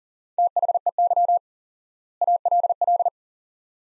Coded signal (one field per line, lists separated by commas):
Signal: Morse code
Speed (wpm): 40 wpm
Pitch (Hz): 700 Hz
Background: none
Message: THEY ALL